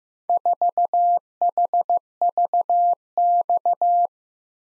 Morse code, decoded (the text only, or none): 4HVX